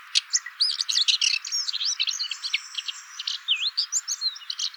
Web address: lanius collurio call